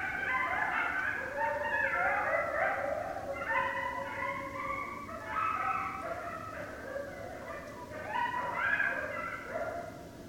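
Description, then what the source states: Coyotes yipping and howling together, overlapping wavering cries and quick yelps rising and falling in bursts, with a brief lull near the middle. Several coyotes, recorded 29 December 2012.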